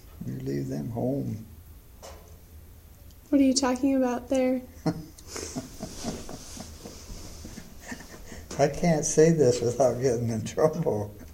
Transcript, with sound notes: You leave them home.
What are you talking about there?
[laughter] I can't say this without getting in trouble.